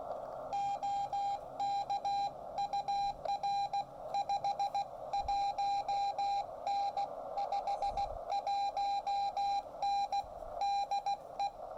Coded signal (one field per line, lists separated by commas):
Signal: Morse code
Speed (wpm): 18 wpm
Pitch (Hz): 800 Hz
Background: none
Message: OK UR 51N 51N DE